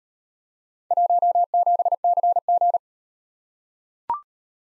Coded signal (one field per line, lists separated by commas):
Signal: Morse code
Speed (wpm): 37 wpm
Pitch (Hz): 700 Hz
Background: none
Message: 17CG